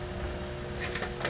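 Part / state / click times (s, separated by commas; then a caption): motherboard screw into case standoff / not seated / none. A small motherboard screw is turned by hand with normal, one-handed force into a case standoff over a steady low hum, with faint scraping ticks around 0.8–1.1 s and a slightly sharper tick at 1.3 s. Nothing has clicked or locked yet; the screw fails to lock.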